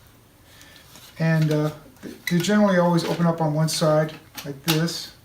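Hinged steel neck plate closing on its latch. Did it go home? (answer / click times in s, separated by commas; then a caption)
no / none. The hinged steel gorget is handled and opened on its one side as someone talks, with faint small metallic sounds in the background. Nothing has seated or locked on its latch yet.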